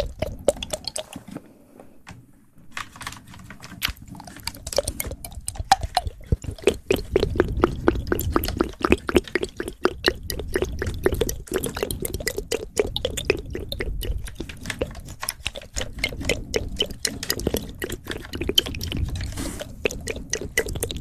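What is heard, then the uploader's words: Fast mouth sounds: a rapid, dense stream of wet clicks, smacks and tongue pops, firing several times a second almost without pause. A brief quieter gap comes near the start, then the sounds grow fuller and louder from about seven seconds on, with a low rumble underneath. ASMR Fast Mouth Sounds.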